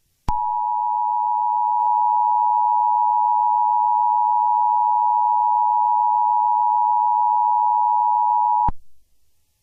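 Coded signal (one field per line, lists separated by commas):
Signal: Emergency Alert System (SAME) tones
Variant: 853 and 960 Hz attention tone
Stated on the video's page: Fictional EAS scenario, simulated alert, made with Clipchamp.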